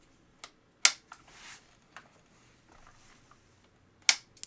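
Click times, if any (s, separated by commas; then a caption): 0.9 s, 4.1 s. On a Cuberspeed Russian Blocks (Tetris-style) plastic block-puzzle toy, the spring-loaded release slider that frees the glass cover is pulled out and let go twice, with faint handling rustles in between. It snaps back into the frame with sharp plastic snaps at 0.9 s and 4.1 s, seating back in place each time.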